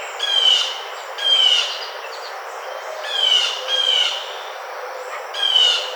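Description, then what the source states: Blue jay giving several harsh, raspy jeer calls over faint background hiss. 18 June 2009.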